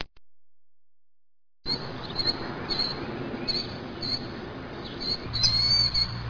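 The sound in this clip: Killdeer calling with short, shrill high notes in a quick irregular series, one louder, sharper note near the end, over low humming background noise.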